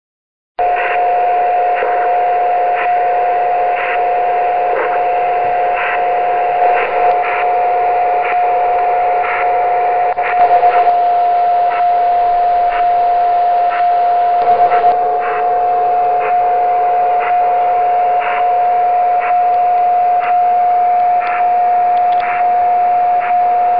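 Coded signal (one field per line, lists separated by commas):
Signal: radio time signal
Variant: DCF77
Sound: steady whistle tone in loud hiss, with a soft pulse once every second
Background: radio static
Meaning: Pulses each second encode the current time and date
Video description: ] Dort dekodiert das Programm SoDiRa schließlich das Signal zur Darstellung der Uhrzeit und des Datums.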